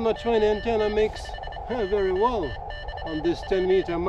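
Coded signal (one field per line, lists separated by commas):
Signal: Morse code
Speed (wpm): 27 wpm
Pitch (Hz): 1800 Hz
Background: speech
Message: ON5JT/P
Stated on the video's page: QRP contacts on the 20m band using a full-size end-fed Mini Mono-20 antenna outdoors.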